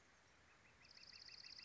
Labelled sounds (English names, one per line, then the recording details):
Northern Flicker
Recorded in Sonoma County, California